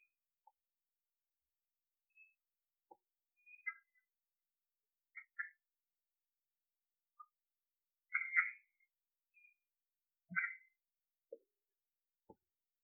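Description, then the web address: Red-eyed tree frog giving scattered short clucking chucks, a few soft and two louder harmonic bursts near the end, separated by long silent gaps and some faint clicks. "phyllomedusidae Agalychnis-callidryas"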